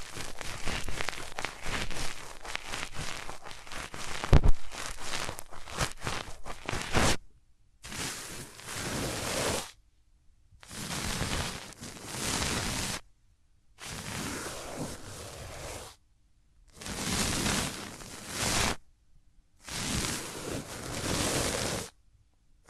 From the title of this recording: Rubbing Your Ears in My Hands Sensitive, Close Up Triggers